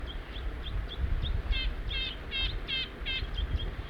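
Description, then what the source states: Crossbill calls: short high chips every few tenths of a second, with a burst of harsher, stacked notes in the middle, over low rumbling noise. Crossbill family taking off.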